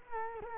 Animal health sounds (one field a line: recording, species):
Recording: mosquito wingbeat signal from an infrared sensor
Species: Culex quinquefasciatus